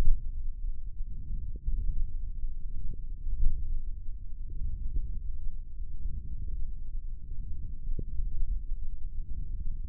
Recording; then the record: forearm muscle sounds (acoustic myography)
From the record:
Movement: thumb flexion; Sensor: system 1, eight BSWA MPA416 microphones around the upper forearm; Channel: 6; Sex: male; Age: 20 years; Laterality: left